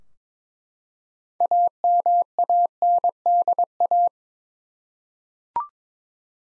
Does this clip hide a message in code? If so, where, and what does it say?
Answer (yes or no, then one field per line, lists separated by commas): yes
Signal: Morse code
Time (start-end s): 1.4-4.1 s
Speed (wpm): 21 wpm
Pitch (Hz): 700 Hz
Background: none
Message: AMANDA